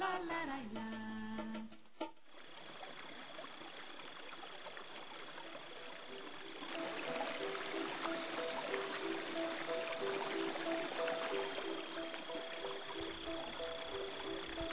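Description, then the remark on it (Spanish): Steady, hissing rush of a flowing stream that swells slightly louder midway. Faint melodic tones drift in beneath the water during the second half, with no voices. “Bendita agua.”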